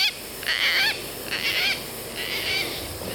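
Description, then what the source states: Gang-gang cockatoo croaking: three harsh, creaky, rasping calls, each under half a second, spaced roughly a second apart, over faint background hiss. Described as a croak.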